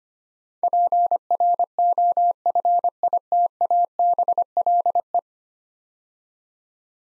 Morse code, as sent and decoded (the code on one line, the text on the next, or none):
.--. .-. --- ..-. .. - .- -... .-.. .
PROFITABLE